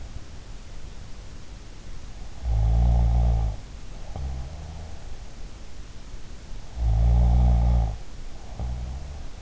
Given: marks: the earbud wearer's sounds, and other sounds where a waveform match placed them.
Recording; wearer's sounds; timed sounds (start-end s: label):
sounds in sleep by an in-ear microphone; snoring breath
2.35-5.06 s: snoring breath
6.68-9.42 s: snoring breath